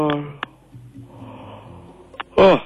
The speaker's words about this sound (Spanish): Sí, me vas a contagiar el bostezo. Sí, es contagioso el bostezo.